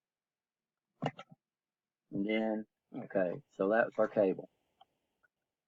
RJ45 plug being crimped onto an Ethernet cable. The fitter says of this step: you should hear a little snap and then